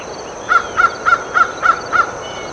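American crow cawing: six short, hoarse caws in a quick, even series about a third of a second apart, over a soft steady background hiss.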